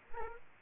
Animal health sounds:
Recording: mosquito wingbeat signal from an infrared sensor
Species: Aedes aegypti

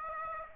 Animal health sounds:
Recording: mosquito wingbeat signal from an infrared sensor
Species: Aedes aegypti

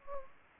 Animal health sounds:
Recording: mosquito wingbeat signal from an infrared sensor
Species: Anopheles gambiae

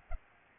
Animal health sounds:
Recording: mosquito wingbeat signal from an infrared sensor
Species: Aedes albopictus

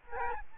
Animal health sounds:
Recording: mosquito wingbeat signal from an infrared sensor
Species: Aedes albopictus

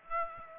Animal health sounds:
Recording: mosquito wingbeat signal from an infrared sensor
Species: Aedes aegypti

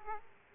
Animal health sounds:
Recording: mosquito wingbeat signal from an infrared sensor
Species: Aedes aegypti

